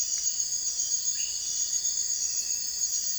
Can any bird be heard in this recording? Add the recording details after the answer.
no. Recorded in dense forest near Puerto Asís, Putumayo, Colombia, on 21 December 2024 at 02:30. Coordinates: 0.484, -76.317. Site G026